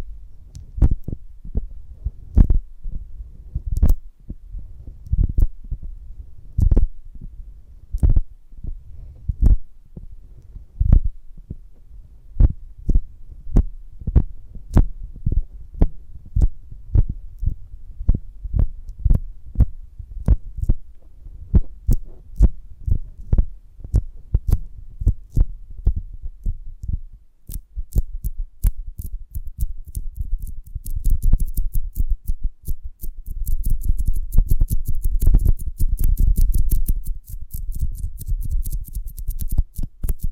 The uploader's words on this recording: ASMR of a Honeycomb on Branch (No Talking).